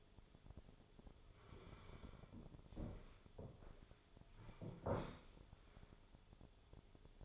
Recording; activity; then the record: daily activity, microphone in the room; sit down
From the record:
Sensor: 5